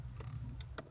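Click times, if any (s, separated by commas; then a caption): none. A plastic tweeter cover on the interior dash/pillar trim of a Jeep Gladiator is handled as it is pressed back toward its clips, giving two brief plastic handling taps around 0.6 and 0.8 s over a low rumble and a steady high-pitched tone. Nothing has seated or clicked into place yet.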